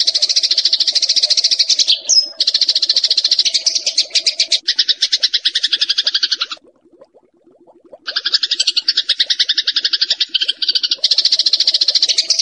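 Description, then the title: Bar-winged prinia song, loud rapid buzzy trills in long runs, breaking off briefly before resuming, with a faint low throbbing pulse underneath. Compilation of song used as tutor recordings for training caged songbirds (masteran). "Kompilasi Suara Ciblek Prenjak Cocok Untuk Masteran"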